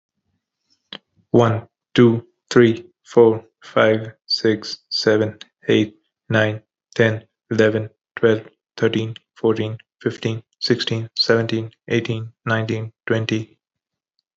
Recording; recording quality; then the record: counting at a normal pace; excellent, no background noise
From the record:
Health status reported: healthy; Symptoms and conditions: none ticked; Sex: male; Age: 29 years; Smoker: not ticked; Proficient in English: yes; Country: United States